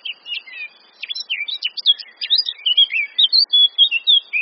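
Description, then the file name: Eurasian blackcap song, a continuous run of fast, jumbled warbling notes, rising and falling, growing louder and more whistled toward the end. "Sylvia atricapilla"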